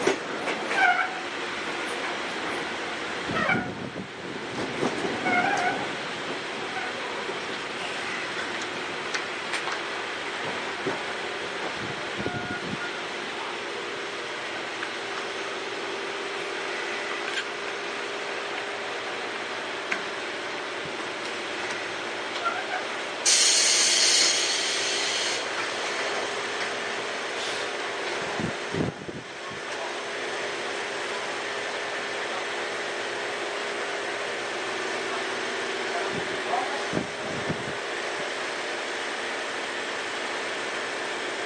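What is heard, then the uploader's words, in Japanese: Inside a commuter train on the move, a steady rolling rumble and a faint running whine fill the whole stretch. Dull knocks and rattles land around 4, 12, 29 and 37 seconds, and a short burst of bright hiss comes near 23 seconds. 相鉄7000系 横浜ー大和。車体アルミ製20m長の車体。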